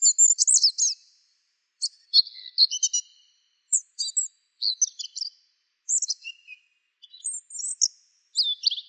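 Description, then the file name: Asian brown flycatcher giving thin, high twittering phrases in short bursts separated by brief pauses, with sharp chips and trills; no other sounds. "sikatan bubik"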